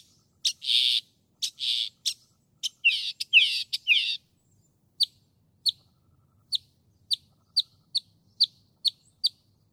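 Northern mockingbird song: harsh buzzy bursts and slurred notes, then a steady series of sharp single chips about twice a second.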